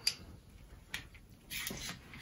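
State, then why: Not seated. A strip of staples has been loaded upside down into a staple gun, and the staple magazine pusher is being handled at the gun body. Sharp plastic-like taps come at about 0.1 s and 0.9 s, followed by a longer scraping, sliding rustle from about 1.5 s to the end. The magazine is not yet pushed home, and nothing has seated or clicked yet.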